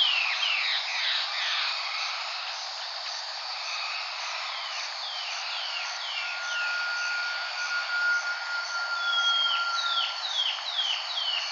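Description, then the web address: Bird calls: a series of sharp, down-slurred whistled notes repeated quickly, a thin steady whistle held in the middle, over a constant high hiss. "BIRD 2015 SABIOD 50 bird 2015"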